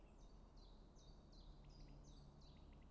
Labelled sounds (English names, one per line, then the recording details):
Common Chiffchaff
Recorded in Germany
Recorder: ecoPi